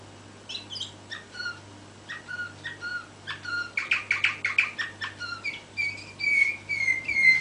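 Canary song: varied chirps and short trills building into rapid bursts, ending in a sustained bright warbled phrase, with a low steady hum underneath.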